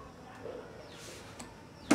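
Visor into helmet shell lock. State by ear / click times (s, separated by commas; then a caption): seated / 1.4 s, 1.9 s. The plastic visor of a full-face helmet is pressed down into the lock on the helmet shell. Two clicks sound, a faint one at 1.4 s and a sharper, louder one at 1.9 s, and the visor is locked shut.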